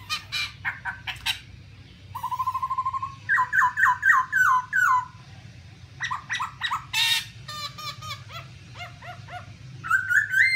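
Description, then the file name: Black-throated laughingthrush song: loud, varied whistled phrases, a rapid trilled run and descending slurred notes, mixed with harsh squawky bursts, over a steady low hum. "tieng khuou bac ma hot"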